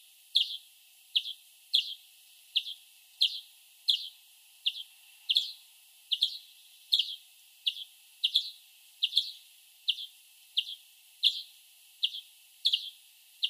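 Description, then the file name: European greenfinch calls: short, high chirps with a quick downward sweep, repeated steadily about every 0.7 seconds, with faint hiss behind. "Chloris chloris"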